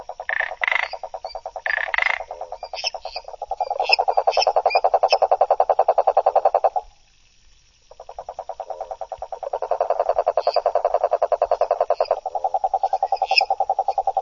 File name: Rhinella schneideri